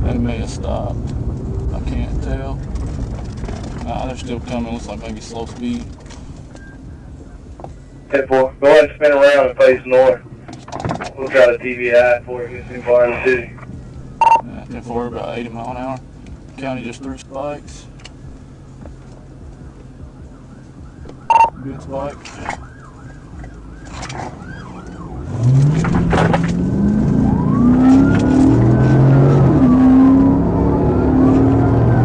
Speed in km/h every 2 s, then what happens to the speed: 32, 19, 0, 0, 0, 0, 0, 0, 0, 0, 0, 0, 21, 53, 77, 98.
0-4 brakes to 0. 4-22 standing. 22-32 pulls away to 98.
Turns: none.